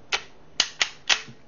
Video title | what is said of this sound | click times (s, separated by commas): Glock 23 .40sw to 9mm Conversion | pull it until it clicks and that is it | 0.6 s